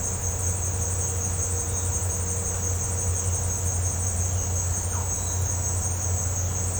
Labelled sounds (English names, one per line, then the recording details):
none
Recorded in pastures near Puerto Asís, Putumayo, Colombia, on 21 December 2024 at 17:30
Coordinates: 0.502, -76.324
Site G077